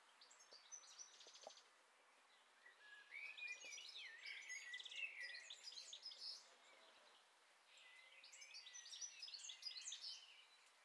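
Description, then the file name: European goldfinch calls, rapid tinkling twitters in several bursts. "Carduelis carduelis"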